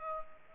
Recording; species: mosquito wingbeat signal from an infrared sensor; Culex pipiens